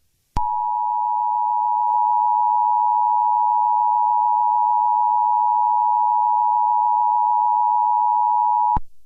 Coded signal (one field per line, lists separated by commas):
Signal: Emergency Alert System (SAME) tones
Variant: 853 and 960 Hz attention tone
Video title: EAS Scenario - Halloween Madness (Remastered) (A Halloween EAS Special)